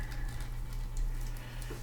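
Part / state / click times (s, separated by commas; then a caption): plastic ponytail piece onto an action figure head / partly seated / 1.0 s. A removable plastic ponytail piece is pressed onto an action figure's alternate head, with a small click at 1.0 s over a steady low hum. The ponytail goes on but does not snap fully into place.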